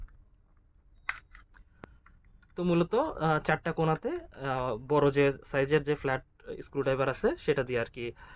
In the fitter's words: Just একটু হালকা চাপ দিলে এটা কট করে শব্দ হবে আর খুলে যাবে।